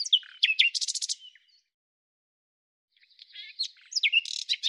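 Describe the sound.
Bird song: two chattering phrases mixing sharp chirps with a dry, buzzy trill, separated by a short silence.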